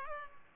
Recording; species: mosquito wingbeat signal from an infrared sensor; Culex pipiens